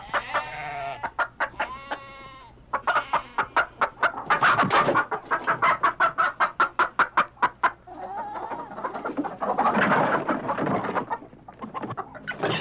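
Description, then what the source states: Chicken giving long runs of rapid clucks, with noisier squawking later over a low hum. Farm sound-effect recording.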